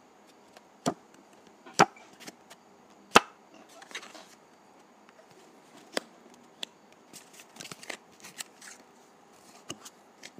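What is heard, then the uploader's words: Dry putty being handled, with sharp clicking snaps and soft crackles scattered irregularly over a quiet base. The loudest snaps land near the start, around one, two and three seconds, followed by lighter, denser crinkling taps through the rest. ASMR Dry Putty.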